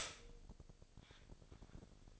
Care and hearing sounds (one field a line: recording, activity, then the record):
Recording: daily activity, microphone in the room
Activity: stop toaster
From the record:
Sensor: 5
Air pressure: 1007.2 hPa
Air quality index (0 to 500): 130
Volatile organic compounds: 2 ppm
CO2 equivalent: 985 ppm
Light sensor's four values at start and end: 25/57/23/23 and 25/57/23/24